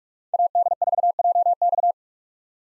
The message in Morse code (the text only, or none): AD4JX